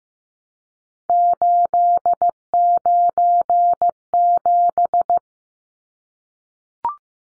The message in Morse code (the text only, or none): 897